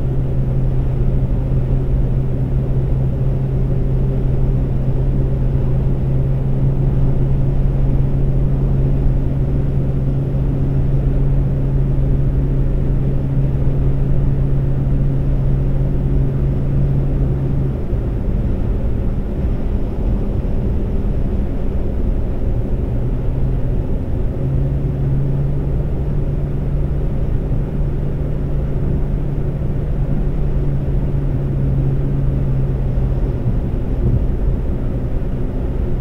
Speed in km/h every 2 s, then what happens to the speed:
134, 134, 134, 134, 134, 134, 134, 134, 134, 134, 132, 130, 130, 130, 130, 130, 130, 132.
0-36 steady at about 134.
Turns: none.